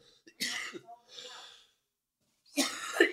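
Harsh, noisy cough bursts from an adult man. A forceful cough is followed by a softer, breathy second expulsion, then a brief pause and another strong cough. Ordinary loose-sounding coughing, with no clear wheeze or whoop.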